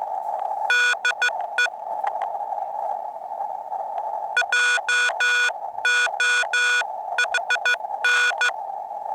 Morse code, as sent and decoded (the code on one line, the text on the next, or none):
-.. . / .--- --- .... -.
DE JOHN